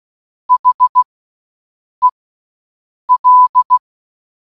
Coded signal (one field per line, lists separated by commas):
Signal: Morse code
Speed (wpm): 16 wpm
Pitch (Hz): 1000 Hz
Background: none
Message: HEL